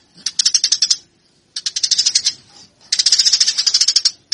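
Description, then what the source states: Eurasian tree sparrow chirping in three quick bursts of rapid, high, scratchy notes, each about a second long with brief silences between. Fighting-style (tarung) song for training sparrows.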